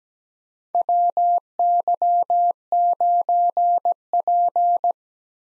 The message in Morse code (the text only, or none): WY9P